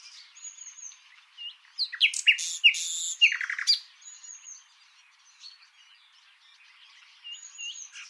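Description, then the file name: Common nightingale delivering a burst of loud rising whistles and harsh buzzy notes over about two seconds, surrounded by quieter twittering and thin high whistles. "Luscinia megarhynchos"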